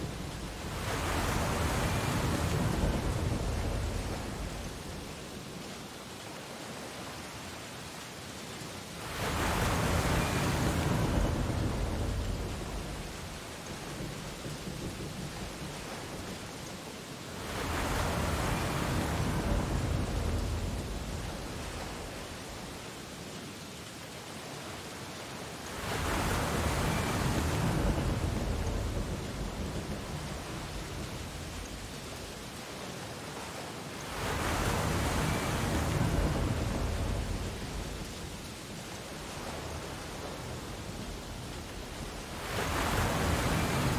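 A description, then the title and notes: Ocean waves swell and recede roughly every eight seconds with a deep rumble, over the steady hiss of rain falling. Rainy Ocean. Rain falls around you as you look out towards the ocean from your beach house's covered deck. The ambient lull of the ocean's waves combined with the soft patter of raindrops.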